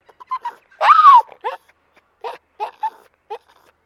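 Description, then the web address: Maltese terrier whining, a louder drawn-out whimper that rises then falls, surrounded by short broken yelping whimpers in an irregular series. Small dog in a distressed state. "Sound Effects-Foundation 2 DOG MALTESE TERRIER DISTRESSED WHINE"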